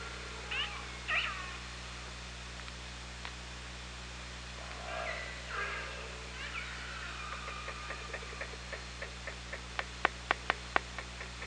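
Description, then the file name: Orca pulsed calls, harmonic squeals rising and falling in short bursts, then a run of sharp echolocation clicks toward the end over steady underwater hum. Recorded on the OrcaLab hydrophone, underwater, 24 August 2017, around 18:34. "Orca Lab UTLN 20170824 183404"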